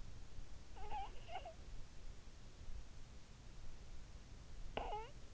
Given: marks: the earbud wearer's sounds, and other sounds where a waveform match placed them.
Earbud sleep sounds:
sounds in sleep by an in-ear microphone; snoring breath
0.46-1.80 s: snoring breath
4.52-5.34 s: snoring breath

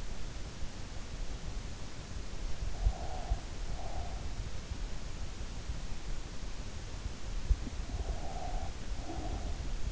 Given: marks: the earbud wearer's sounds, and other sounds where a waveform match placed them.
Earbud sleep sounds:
sounds in sleep by an in-ear microphone; breath
2.36-4.69 s: breath
7.47-9.92 s: breath

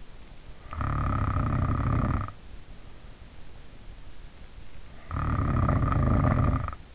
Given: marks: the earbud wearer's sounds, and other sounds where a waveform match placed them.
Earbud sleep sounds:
sounds in sleep by an in-ear microphone; snoring breath
0.55-2.44 s: snoring breath
4.95-6.95 s: snoring breath

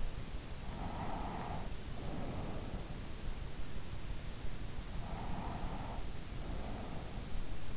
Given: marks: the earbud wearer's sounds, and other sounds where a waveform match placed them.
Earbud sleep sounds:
sounds in sleep by an in-ear microphone; breath
0.60-2.94 s: breath
4.69-7.77 s: breath

